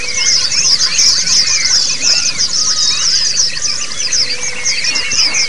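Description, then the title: White-eye chorus, relentless high-pitched twittering from many birds with interwoven thin rising and falling whistles. A group (ombyokan) of white-eyes singing together, a therapy (terapi) recording. "Suara Terapi Pleci Ombyokan"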